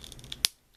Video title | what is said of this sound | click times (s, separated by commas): Transformers Generations Autobot Orion Pax | There we go. Hear that click? | 0.4 s